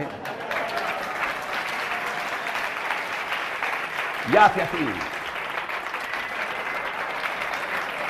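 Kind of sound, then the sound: crowd, audience applause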